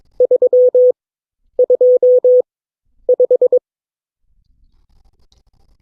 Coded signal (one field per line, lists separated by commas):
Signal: Morse code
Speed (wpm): 22 wpm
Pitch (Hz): 500 Hz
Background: none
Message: 325